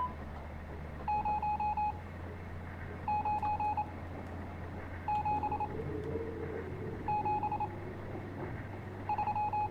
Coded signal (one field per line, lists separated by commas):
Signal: Morse code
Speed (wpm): 28 wpm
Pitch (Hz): 840 Hz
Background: none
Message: 09773